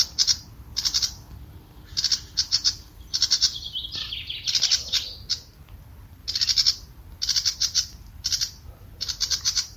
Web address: cianscape birddata Deverinetal 2025 Bird Only More Classes Pi Pi Pi Pi